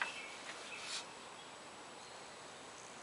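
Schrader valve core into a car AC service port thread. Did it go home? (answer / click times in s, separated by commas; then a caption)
no / none. A metal Schrader valve core is turned slowly counterclockwise with light downward pressure in a car AC service port thread, producing faint handling sounds with a brief sharp tick at the very start over a steady background hiss. Nothing has clicked or seated yet.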